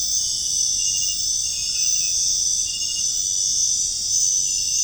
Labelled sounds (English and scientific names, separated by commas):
none